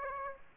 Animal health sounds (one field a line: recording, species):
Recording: mosquito wingbeat signal from an infrared sensor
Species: Aedes aegypti